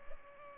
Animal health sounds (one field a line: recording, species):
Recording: mosquito wingbeat signal from an infrared sensor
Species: Culex pipiens